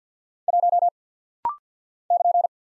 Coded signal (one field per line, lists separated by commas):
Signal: Morse code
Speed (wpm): 49 wpm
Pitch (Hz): 700 Hz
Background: none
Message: 1 <KN>